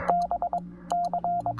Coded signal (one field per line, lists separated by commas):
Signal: Morse code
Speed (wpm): 22 wpm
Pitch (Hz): 700 Hz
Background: none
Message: B C